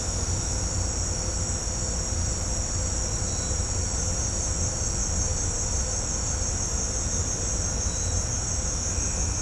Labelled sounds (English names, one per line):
none